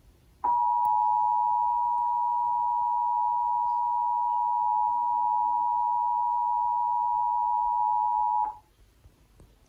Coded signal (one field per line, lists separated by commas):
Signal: Emergency Alert System (SAME) tones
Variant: 853 and 960 Hz attention tone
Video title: EAS #714 - Required Monthly Test (TV)